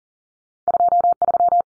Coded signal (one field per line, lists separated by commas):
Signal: Morse code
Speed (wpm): 40 wpm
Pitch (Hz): 700 Hz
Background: none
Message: 23